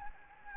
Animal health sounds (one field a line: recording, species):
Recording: mosquito wingbeat signal from an infrared sensor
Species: Anopheles gambiae